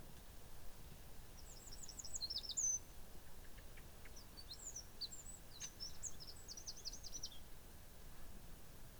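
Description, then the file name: Eurasian wren song in two separate bursts of rapid, high, ticking trills, the second longer, against constant low background noise. "Troglodytes troglodytes"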